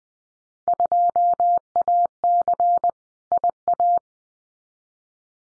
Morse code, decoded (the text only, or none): 2AC IA